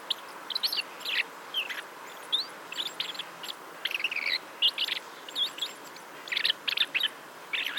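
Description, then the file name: Common blackbird calling with busy, high chirps and short rising and falling notes in quick bursts, scattered across the whole stretch. "Turdus merula"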